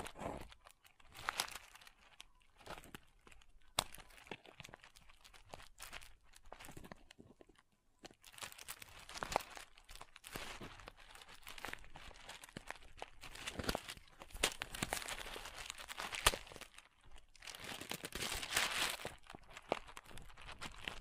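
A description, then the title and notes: Crunchy slime crackles and crinkles in dense, irregular bursts of bright scratching, sparse early on, then thicker and busier after about eight seconds. Crunchy Slime x Brain Scratching.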